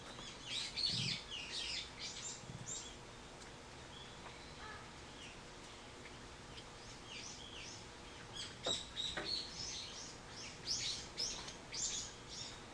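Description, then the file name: Birds chirping, bursts of high twittering notes at the start and again in the second half, separated by a quieter stretch of hiss. Recorded 24 March 2023. "bird-01 230324"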